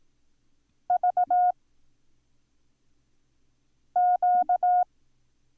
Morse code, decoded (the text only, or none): VQ